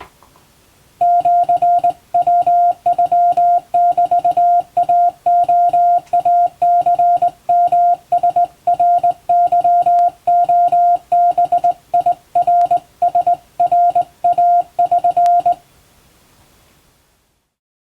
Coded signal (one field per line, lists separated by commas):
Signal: Morse code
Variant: Japanese Wabun code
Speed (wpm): 20 wpm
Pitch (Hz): 700 Hz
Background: music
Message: シヤノメイレイニヨラナケレバナラナイ<SN>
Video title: モールス通信士、手打ちで打つ和文無線電報！オンとオフで文字を表す最古のデジタル技術です。縦振り電鍵の日本語モールス符号を聞こう！アマチュア無線の受信練習にどうぞ morse code practice